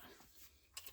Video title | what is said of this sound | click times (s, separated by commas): Unboxing and Assembly of the Home Computer Leather Office Chair Model MP245 from Amazon | So let me do the first one here off camera. There you go. It just snaps in. | 0.8 s